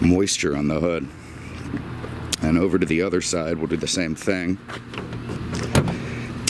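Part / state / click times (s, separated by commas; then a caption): car hood into its latch / seated / 6.5 s. Someone talks while a car hood is lowered on its second side and given a gentle push rather than a slam. The hood latch clicks shut at 6.5 s, seating the hood in its latch.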